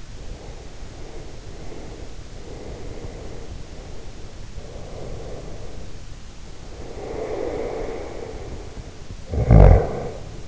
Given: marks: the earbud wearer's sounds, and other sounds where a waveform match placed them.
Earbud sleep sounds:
sounds in sleep by an in-ear microphone; breath, snoring breath
0.00-4.41 s: breath
4.53-8.83 s: breath
9.15-10.48 s: snoring breath

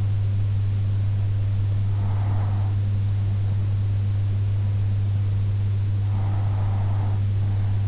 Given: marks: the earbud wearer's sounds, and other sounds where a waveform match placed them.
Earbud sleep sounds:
sounds in sleep by an in-ear microphone; breath
0.88-2.88 s: breath
5.88-7.88 s: breath

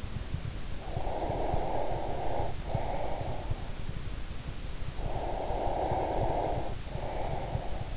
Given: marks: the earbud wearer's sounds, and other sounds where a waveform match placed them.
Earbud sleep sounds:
sounds in sleep by an in-ear microphone; breath
0.76-3.69 s: breath
4.95-7.97 s: breath

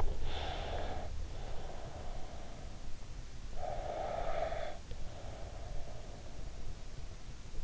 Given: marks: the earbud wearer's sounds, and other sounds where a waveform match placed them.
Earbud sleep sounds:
sounds in sleep by an in-ear microphone; breath
0.32-2.84 s: breath
3.42-6.94 s: breath

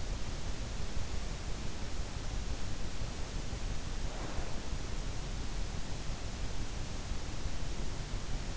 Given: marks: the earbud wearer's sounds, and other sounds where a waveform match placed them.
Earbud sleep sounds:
sounds in sleep by an in-ear microphone; breath
3.78-4.56 s: breath

